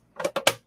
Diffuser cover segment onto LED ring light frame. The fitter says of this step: you're gonna hear it snapping in snap